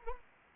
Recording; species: mosquito wingbeat signal from an infrared sensor; Anopheles arabiensis